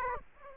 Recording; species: mosquito wingbeat signal from an infrared sensor; Aedes aegypti